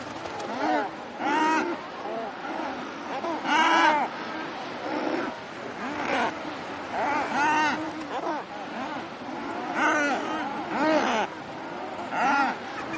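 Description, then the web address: Thick-billed murres giving rough, moaning growls in a busy chorus, louder bursts rising and falling every couple of seconds over a constant background of many birds. "earth naturelibrary assets t th thick-billed murre"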